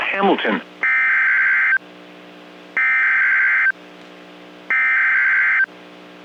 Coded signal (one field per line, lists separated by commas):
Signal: Emergency Alert System (SAME) tones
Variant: header bursts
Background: speech